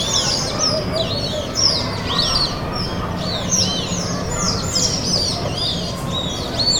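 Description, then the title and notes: Bar-breasted mousebird flock giving many overlapping high, curved whistled notes in a continuous chorus, over a steady low background drone. Flock in the leaves of a betel nut palm, Nkolmbong-Nord neighborhood, Émana, Yaoundé, Cameroon; neighborhood soundscape; 19 December 2025, 4:52 p.m.; TASCAM DR-05 recorder, edited in Audacity. "Colious (complètement) barrés. flock of Bar-breasted Mousebirds in the leaves of a betel nut palm. Nkolmbong-Nord neighborhood, Émana, Yaoundé 1, Cameroon. December 19, 2025, 4:52 p.m"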